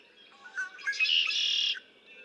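Red-winged blackbird song with a few broken introductory notes running into a long harsh buzzy trill of under a second.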